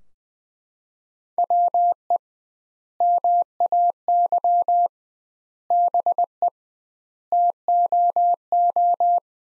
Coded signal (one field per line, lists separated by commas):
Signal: Morse code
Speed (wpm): 20 wpm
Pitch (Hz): 700 Hz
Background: none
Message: WE MAY BE TOO